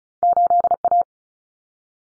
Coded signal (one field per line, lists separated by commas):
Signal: Morse code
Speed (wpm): 34 wpm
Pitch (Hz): 700 Hz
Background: none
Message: 8A